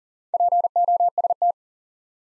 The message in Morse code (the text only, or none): POST